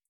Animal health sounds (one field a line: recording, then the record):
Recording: hydrophone in a shrimp aquaculture tank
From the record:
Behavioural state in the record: starved